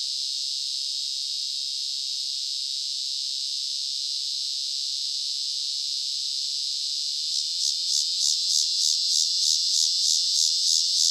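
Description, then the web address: Walker's cicada song: a loud, steady high buzz for about seven seconds, then turning into a pulsing throb of roughly three beats per second. North America. "Songs of Insects. Walkers Cicada"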